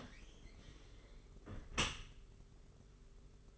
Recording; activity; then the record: daily activity, microphone in the room; close dishwasher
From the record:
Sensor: 4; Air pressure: 992.2 hPa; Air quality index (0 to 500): 109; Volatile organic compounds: 18 ppm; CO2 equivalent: 2607 ppm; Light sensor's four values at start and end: 23/78/28/30 and 23/78/28/30